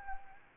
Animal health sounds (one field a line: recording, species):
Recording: mosquito wingbeat signal from an infrared sensor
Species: Anopheles gambiae